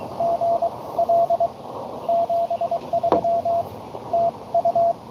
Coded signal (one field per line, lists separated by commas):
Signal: Morse code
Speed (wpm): 24 wpm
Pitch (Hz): 680 Hz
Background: radio noise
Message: GL 73 TU